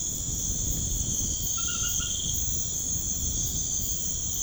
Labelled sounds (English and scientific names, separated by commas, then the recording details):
none
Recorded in pastures near Puerto Asís, Putumayo, Colombia, on 21 March 2025 at 22:30
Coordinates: 0.505, -76.324
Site GP08